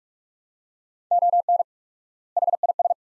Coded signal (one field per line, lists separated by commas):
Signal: Morse code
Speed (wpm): 46 wpm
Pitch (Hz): 700 Hz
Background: none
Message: ON HIS